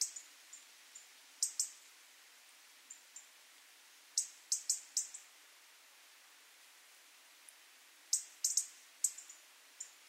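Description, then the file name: European robin uttering quiet, sharp clicking calls in small clusters, with single ticks scattered between the groups. "Erithacus rubecula"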